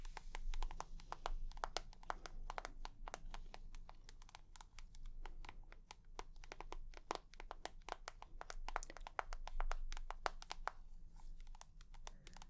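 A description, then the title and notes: Tapping fills the whole stretch as a dense, fast run of short, sharp clicks, irregular in timing and varying in strength, some landing much harder than others. A steady low hum sits underneath throughout, and the level stays fairly constant with no pauses. ASMR 100% Tapping for Relaxation & Tingles (No Talking).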